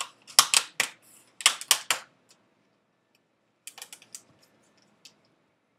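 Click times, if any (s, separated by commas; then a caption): 0.4 s, 0.8 s, 1.7 s. After a MacBook display assembly is flipped back over, its plastic front display bezel is pressed into the rear housing of the display. Loud, sharp plastic snaps ring out at 0.4, 0.8 and 1.7 s as the clips pop into place, with more snaps around them and softer clicks near 3.7 to 4.3 s and 5.1 s. The bezel ends up seated back in.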